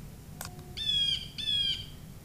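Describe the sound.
Blue Jay giving two drawn-out, nasal harmonic calls.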